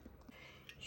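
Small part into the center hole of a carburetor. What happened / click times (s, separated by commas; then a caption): The small part popped into place / 0.7 s. A small part is pressed and pulled up into the center hole of a Holley Dominator carburetor until it pops into place. After a couple of faint taps near 0.2 and 0.3 seconds, a sharp click at 0.7 seconds marks the part seating flush.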